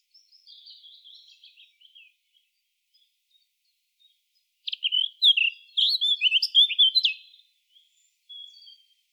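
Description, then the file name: Eurasian blackcap warbling: a soft twittering opening, a pause, then a loud rich burst of fluty slurred notes, followed by a short faint phrase. "Sylvia atricapilla"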